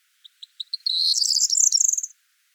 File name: Corn Bunting